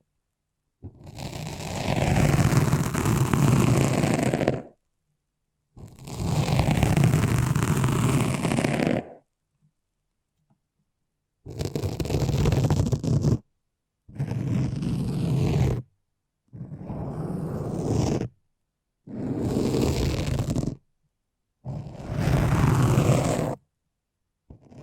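Foamy, sticky massage sounds come in seven dense bursts of crackling, rustling texture, each separated by dead silence. The first two last about three to four seconds; later ones are shorter, around two seconds, arriving more regularly, with a soft low rumble under each.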